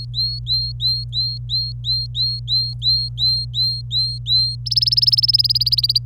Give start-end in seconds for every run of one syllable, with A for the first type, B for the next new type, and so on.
0.00-4.55 A, 4.66-5.99 B